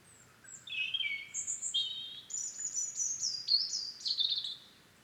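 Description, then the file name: European robin song, a rippling stream of high whistles and trills, shifting pitch from phrase to phrase. "Erithacus rubecula"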